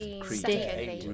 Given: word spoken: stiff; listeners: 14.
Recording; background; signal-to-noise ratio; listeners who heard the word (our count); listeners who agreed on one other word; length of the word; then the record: one English word in noise, from a listening test; four-talker babble; -0.3 dB; 1 of 14; 6 of 14; 0.74 s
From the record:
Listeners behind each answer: 6, 1, 1, 1, 1, 1, 1, 1, 1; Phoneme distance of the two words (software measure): 10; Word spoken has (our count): 1 syllable, 4 phonemes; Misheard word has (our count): 1 syllable, 4 phonemes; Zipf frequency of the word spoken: 3.96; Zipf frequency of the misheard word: 5.02